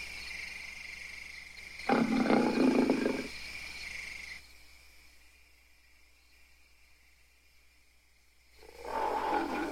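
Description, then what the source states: Ape screams in two harsh, noisy bursts, one near the start and one at the end, separated by a quieter stretch with steady background hiss. Angry apes; long sequence of screaming and growling.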